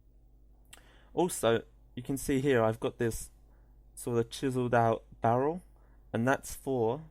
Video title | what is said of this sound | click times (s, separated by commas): The illusionist heart locket - Home/hand made prototype breakdown guide and mechanism explanation! | the lock it gives it a nice click and it also helps to hold it in place just a little bit firmer | 0.7 s